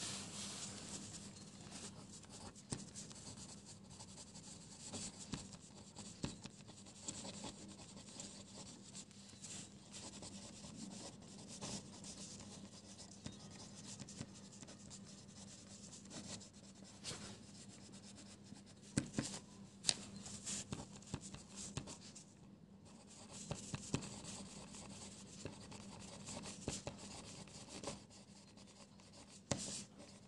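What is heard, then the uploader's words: Pencil scribbling runs steadily across the page, a dense, scratchy rubbing with short strokes that come quickly and fairly evenly. Louder clicks and taps cluster around 19–20 seconds and again near 24 and 29 seconds, over a faint low hum throughout. Pencil ASMR, quiet space, page flipping, scribbles.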